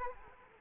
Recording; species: mosquito wingbeat signal from an infrared sensor; Anopheles arabiensis